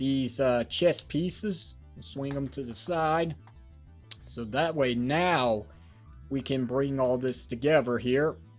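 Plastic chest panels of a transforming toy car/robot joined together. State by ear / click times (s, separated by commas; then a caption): not seated / none. Someone talks while handling the plastic chest panels of a transforming toy car/robot (Transformers Shattered Glass Blurr, Cybertronian car), unclipping the chest pieces and swinging them to the side to bring them together during the robot-mode transformation. A single sharp tick stands out at about 4.1 seconds. The chest pieces have not yet seated or clicked together.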